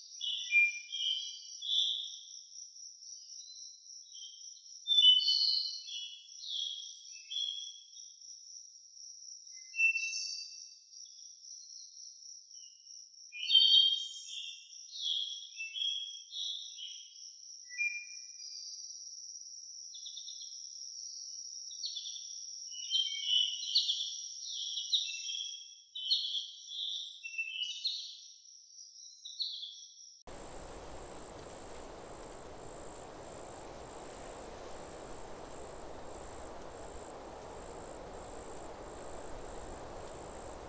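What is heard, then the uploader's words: Nature ambience with a steady, high insect trill running throughout, overlaid for the first thirty seconds by scattered quick chirps and twitters that come and go in bursts. Around the thirty-second mark the scene cuts to a denser, even hiss beneath a higher, unbroken insect whine. Nature Ambience. The sounds of nature.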